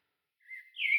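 Bird chirp: a thin whistled note that holds steady, then a brighter, slightly rising whistle near the end, with no other sounds.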